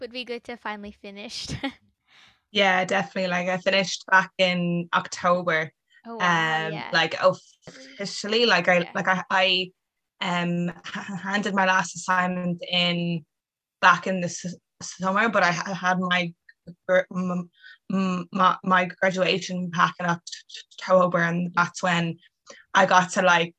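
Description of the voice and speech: A 23-year-old woman, a college graduate, speaking in conversation with stuttering: prolongations, part-word and word repetitions, blocks and interjections with pauses. She has stuttered since age 3 and has been in and out of speech therapy.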